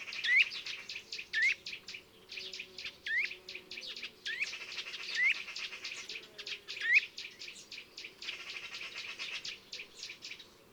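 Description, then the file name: Eurasian nuthatch calls: short rising whistled notes repeated at irregular intervals over a dense, busy high-pitched chatter. "Sitta europaea"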